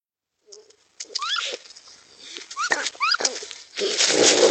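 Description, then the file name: Raccoon vocalising with a few faint ticks, then sharp upward-sweeping whistled squeals mixed with raspy hissing bursts, ending in a longer harsh, noisy snarl. "Waschbaer Procyon lotor"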